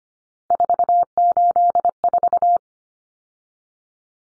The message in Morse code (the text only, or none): 484